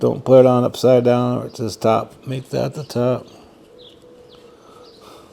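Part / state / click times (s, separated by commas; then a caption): plastic air filter cone onto chainsaw carburetor housing / not seated / none. A plastic air filter cone is being handled to go back onto the carburetor housing of a Stihl MS311 chainsaw, with its "top" marking facing up. Someone talks for the first three seconds, then only faint low background noise remains. Nothing has seated or clicked yet.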